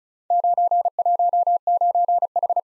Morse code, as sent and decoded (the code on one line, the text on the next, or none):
----. .---- ----. ....
919H